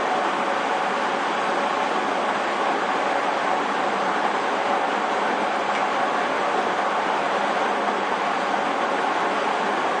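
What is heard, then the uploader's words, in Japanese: A JR East 231 series train runs steadily, its dense, even roar holding at one loudness for the whole stretch. A faint steady hum sits within the rushing noise, and a single brief click stands out a little past the midpoint. JRE231系 伊東〜横浜。区間は伊東線→東海道線です。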